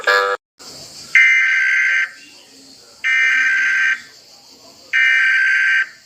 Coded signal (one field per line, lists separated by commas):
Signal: Emergency Alert System (SAME) tones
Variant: header bursts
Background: speech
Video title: My first flags eas alarms (part 1)